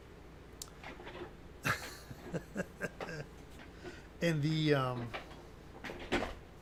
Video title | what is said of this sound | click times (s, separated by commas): Restoring my Borg Costume. | So, it snaps in place like this. | 0.6 s